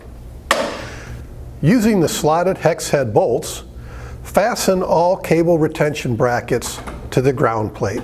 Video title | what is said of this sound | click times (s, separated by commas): How To Install Fiber Cable Drops To The Home? - Mini OTE 300 Optical Terminal Enclosure - CommScope | the clamp should seat with an audible click | 0.5 s